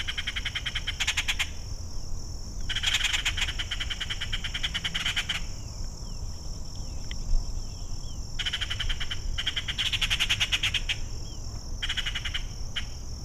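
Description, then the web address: Yucatan jay calls in repeated harsh chattering bursts, several throughout, with a continuous high insect drone beneath. Belize. "belize birds birdsongs yucatanjay"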